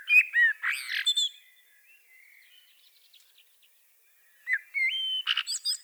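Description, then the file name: Blackbird song in two bursts: fluty, warbling whistles with a thin, squeaky ending. A quiet gap with faint twitters lies between them. "Turdus merula"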